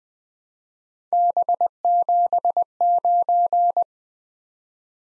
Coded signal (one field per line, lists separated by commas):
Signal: Morse code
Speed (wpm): 20 wpm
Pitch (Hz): 700 Hz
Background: none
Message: B79